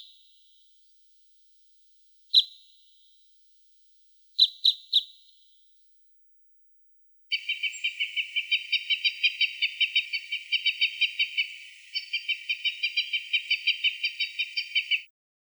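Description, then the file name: Common crossbill giving a few sharp single and triple chip notes, then a long, fast, even trill of rapid repeated notes lasting about eight seconds. "klest elovik golos"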